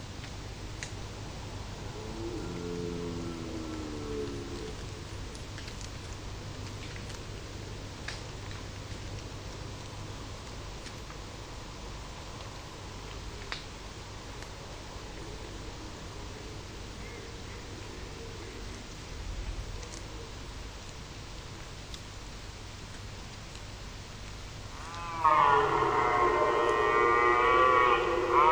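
Red deer vocalizing over a steady, hissing background with a low rumble underneath and scattered faint ticks. A soft, wavering call rises and falls from about two to five seconds. At around 25 seconds a much louder, brighter wavering call begins and carries on to the end.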